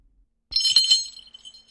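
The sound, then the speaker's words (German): A doorbell rings once, a bright, high metallic chime that strikes sharply and then shimmers and fades over about a second, with no voices. “Da klingelt es an der Tür.”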